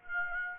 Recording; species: mosquito wingbeat signal from an infrared sensor; Aedes aegypti